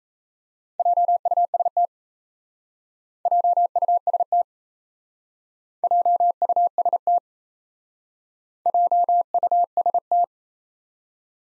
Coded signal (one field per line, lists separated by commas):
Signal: Morse code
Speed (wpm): 34 wpm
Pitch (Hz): 700 Hz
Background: none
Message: JUST JUST JUST JUST